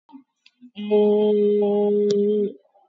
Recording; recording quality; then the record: sustained vowel as in made; excellent, no background noise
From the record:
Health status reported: COVID-19 positive, moderate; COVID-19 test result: positive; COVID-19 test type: RT-PCR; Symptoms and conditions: cough, cold, sore throat, fever, fatigue, muscle pain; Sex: female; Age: 30 years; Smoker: no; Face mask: worn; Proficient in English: yes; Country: India